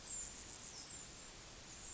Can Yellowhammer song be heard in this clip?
no